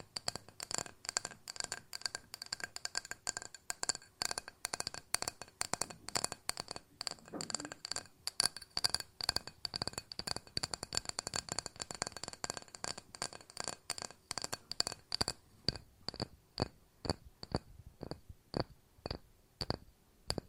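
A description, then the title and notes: Glass is tapped in quick, dense bursts of clicks, each hit leaving a bright, high ring that lingers over the taps. For the first fifteen seconds the strikes come thick and uneven; after that they thin into separate, fairly regular taps until the end. ASMR No Talking Glass Tapping and Ringing Sounds.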